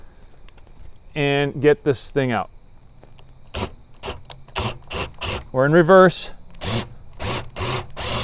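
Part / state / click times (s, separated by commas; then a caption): screw extractor bit in a wood screw head / not seated / none. A screw extractor's threaded end is driven in reverse into a pre-drilled wood screw head in a 2x4, heard as short bursts of drill whirring and grinding between pauses while someone talks. The extractor spins without biting and strips the screw head right away, so nothing has gripped the screw.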